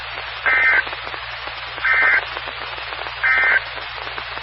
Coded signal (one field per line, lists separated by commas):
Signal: Emergency Alert System (SAME) tones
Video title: 2015-04-20 - W4BFB 145.230 MHz Charlotte Regional Skywarn Repeater